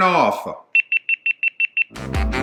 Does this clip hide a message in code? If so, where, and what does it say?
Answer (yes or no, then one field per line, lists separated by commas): no